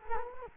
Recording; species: mosquito wingbeat signal from an infrared sensor; Culex quinquefasciatus